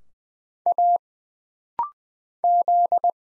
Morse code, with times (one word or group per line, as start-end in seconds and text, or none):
0.7-1.0 A
2.4-3.1 Z